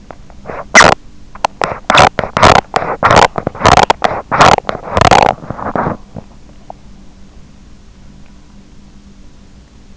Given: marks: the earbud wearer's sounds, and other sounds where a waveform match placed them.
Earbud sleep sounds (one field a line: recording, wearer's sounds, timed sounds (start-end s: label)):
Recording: sounds in sleep by an in-ear microphone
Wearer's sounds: teeth grinding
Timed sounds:
0.00-6.92 s: teeth grinding